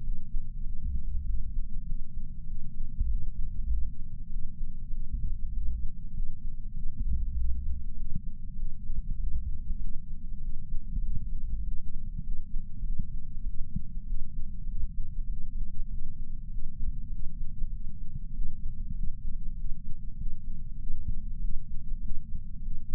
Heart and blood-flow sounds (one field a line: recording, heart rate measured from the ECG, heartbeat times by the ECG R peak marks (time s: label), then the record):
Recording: heart sounds by patch sensor on the chest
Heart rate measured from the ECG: 98 bpm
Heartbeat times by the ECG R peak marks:
0.01 s: heartbeat
0.62 s: heartbeat
1.23 s: heartbeat
1.84 s: heartbeat
2.45 s: heartbeat
3.06 s: heartbeat
3.66 s: heartbeat
4.28 s: heartbeat
4.89 s: heartbeat
5.51 s: heartbeat
6.12 s: heartbeat
6.73 s: heartbeat
7.34 s: heartbeat
7.94 s: heartbeat
8.55 s: heartbeat
9.16 s: heartbeat
9.78 s: heartbeat
10.39 s: heartbeat
11.00 s: heartbeat
11.61 s: heartbeat
12.21 s: heartbeat
12.82 s: heartbeat
13.43 s: heartbeat
14.04 s: heartbeat
14.65 s: heartbeat
15.26 s: heartbeat
15.87 s: heartbeat
16.48 s: heartbeat
17.09 s: heartbeat
17.69 s: heartbeat
18.31 s: heartbeat
18.92 s: heartbeat
19.54 s: heartbeat
20.15 s: heartbeat
20.77 s: heartbeat
21.38 s: heartbeat
21.99 s: heartbeat
22.60 s: heartbeat
From the record:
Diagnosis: coronary artery disease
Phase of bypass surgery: preoperative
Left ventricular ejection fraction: 66.8%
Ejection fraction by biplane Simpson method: 67.5%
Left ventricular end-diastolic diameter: 41 mm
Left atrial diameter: 29 mm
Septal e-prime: 9.5 cm/s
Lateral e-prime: 10.6 cm/s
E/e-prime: 8.7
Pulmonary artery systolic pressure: 27 mmHg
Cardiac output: 4.8 L/min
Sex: female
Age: 77 years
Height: 168 cm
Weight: 49 kg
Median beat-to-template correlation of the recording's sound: 0.81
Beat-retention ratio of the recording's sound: 0.99